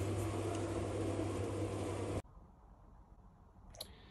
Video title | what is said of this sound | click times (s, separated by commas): How to make a folding workbench for your tiny workshop #workshop #howto #workbench | folds in half so they actually lock into place which is a a nice little feature so | 3.8 s